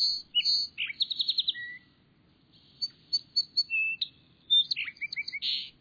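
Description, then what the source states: Song Sparrow song: sweet whistled notes and a fast run of repeated chips, then after a short pause more sharp notes ending in a buzzy note. Sings morning, noon and evening.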